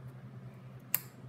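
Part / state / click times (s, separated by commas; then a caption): trailer wiring harness connector into the vehicle's existing wiring connector / seated / 0.9 s. A new plastic trailer wiring harness connector from the kit is pushed into the existing wiring connector of a Polaris Slingshot until it latches. A single sharp click sounds at 0.9 s over a low steady hum, and the connector is seated.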